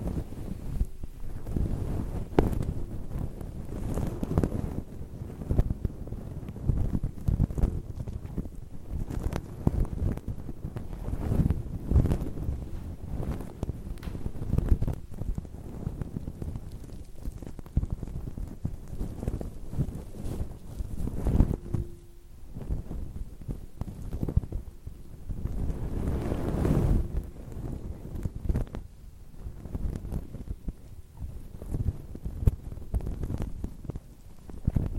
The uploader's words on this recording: ASMR Brushing. Stroking the mic with the wind muff (intense).